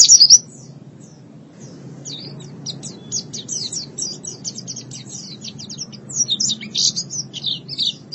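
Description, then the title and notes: White-eye singing in high, fast twittering phrases: a sharp burst at the start, a short pause, then a long chattering run of thin notes. "Suara kicauan burung pleci"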